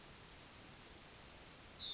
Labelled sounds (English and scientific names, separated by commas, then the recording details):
Yellowhammer (Emberiza citrinella) song
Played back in forest
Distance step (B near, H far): E
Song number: 114